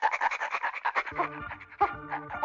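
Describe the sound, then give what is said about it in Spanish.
A dog pants in quick, steady breathy bursts, a rapid rhythmic huffing that softens midway as a faint tonal whine-like sound slips in underneath. “Pero cuando observamos a los perros, vemos que ese jadear es habitual en ellos.”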